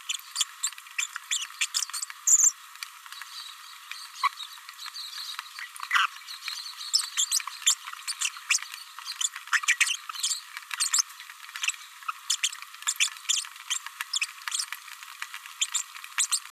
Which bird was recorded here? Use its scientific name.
Forpus passerinus